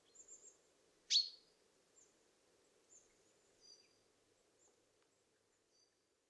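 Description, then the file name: Common chaffinch call: one sharp, abrupt note, followed by a few faint, thin high chirps over a low background hum. "Fringilla coelebs"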